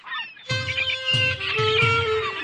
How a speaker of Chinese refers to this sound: 喂，好多乌鸦喺上面啊！ 又要赶走佢哋。